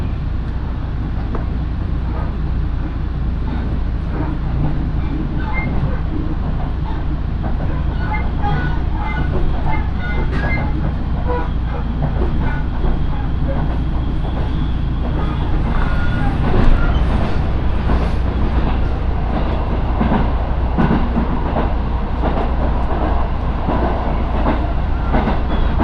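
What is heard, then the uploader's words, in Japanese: A local train on the Minobu Line runs from Shibakawa to Minobu, its deep rumble steady and dense for the whole ride. Sharp rattles and clacks come through at irregular intervals, with brief squeals from the wheels near the middle and a louder jolt around seventeen seconds. 身延線普通 芝川→身延。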